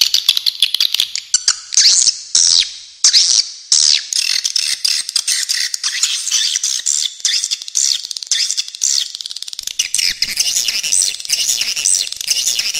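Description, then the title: Swiftlet chorus: clusters of buzzy chirps early on, then a dense, even wash of rapid high twitters. "Suara Walet"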